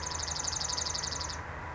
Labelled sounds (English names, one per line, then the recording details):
Dark-eyed Junco
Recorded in Sonoma County, California